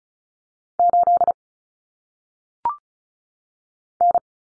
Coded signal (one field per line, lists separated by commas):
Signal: Morse code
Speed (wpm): 36 wpm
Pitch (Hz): 700 Hz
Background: none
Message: 8 N